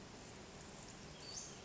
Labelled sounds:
Western Flycatcher (Empidonax difficilis)
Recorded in Sonoma County, California

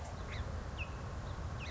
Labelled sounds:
Song Sparrow (Melospiza melodia)
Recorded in Sonoma County, California

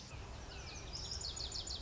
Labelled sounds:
Lazuli Bunting (Passerina amoena)
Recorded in Sonoma County, California

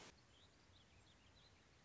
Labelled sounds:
Warbling Vireo (Vireo gilvus)
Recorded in Sonoma County, California

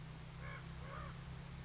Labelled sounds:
Common Raven (Corvus corax)
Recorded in Sonoma County, California

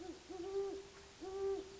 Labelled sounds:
Great Horned Owl (Bubo virginianus)
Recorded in Sonoma County, California

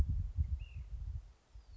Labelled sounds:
Ash-throated Flycatcher (Myiarchus cinerascens)
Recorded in Sonoma County, California

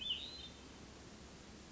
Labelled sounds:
Hermit Thrush (Catharus guttatus)
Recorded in Sonoma County, California

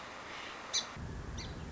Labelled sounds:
Song Sparrow (Melospiza melodia)
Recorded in Sonoma County, California

